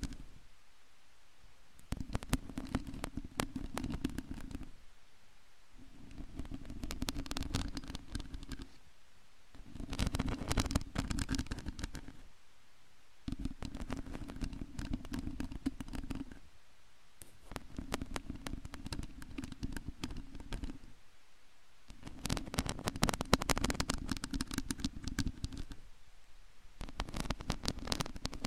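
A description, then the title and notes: Scratching with a long nail on a mic comes in repeated bursts of dense crackly scraping, each a few seconds long, separated by brief pauses. Brain Melting Long Nail Mic Scratching ASMR! (No Talking).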